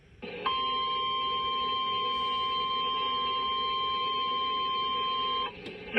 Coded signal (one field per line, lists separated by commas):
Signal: Emergency Alert System (SAME) tones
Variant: 1050 Hz attention tone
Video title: EAS 6894-6907 Weekly Tests From 04/09/25